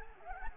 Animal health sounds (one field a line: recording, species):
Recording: mosquito wingbeat signal from an infrared sensor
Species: Anopheles gambiae